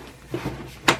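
The plastic head sculpt of a 28-inch Jurassic World Legacy Collection Brachiosaurus toy is pushed onto its neck, with a soft scuffing handling sound near 0.3 s. It pops into place with a sharp, bright click at 0.9 s; it goes on easily but takes some force, and attaching the neck itself later gives some trouble.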